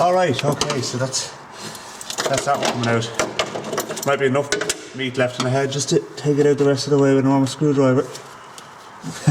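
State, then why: Stripped. Someone talks while a normal screwdriver is tried on the partly extracted screw in an MGB engine bay panel, during the stripping and rust treating of the engine bay. A short click at 8.6 s is the screwdriver slipping in the screw head. The head is completely stripped, so the screw needs vice grips.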